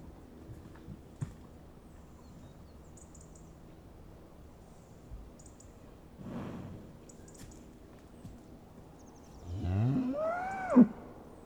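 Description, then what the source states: Cow mooing: a short low call midway, then a loud, drawn-out moo that rises and bends in pitch with rich harmonics near the end; faint high chirps in the background. Several cows; recorded on a Sound Devices MixPre with two Sennheiser ME 64 microphones on K6, and a PMD620.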